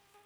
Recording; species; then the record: mosquito flight sound by mobile phone; Aedes sierrensis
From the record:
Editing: cut to the mosquito's sound